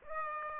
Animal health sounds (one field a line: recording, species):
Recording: mosquito wingbeat signal from an infrared sensor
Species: Aedes aegypti